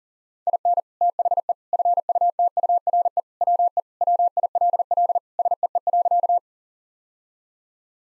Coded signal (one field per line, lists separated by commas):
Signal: Morse code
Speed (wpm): 40 wpm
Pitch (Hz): 700 Hz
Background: none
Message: IN THE FUTURE WE WILL SEE.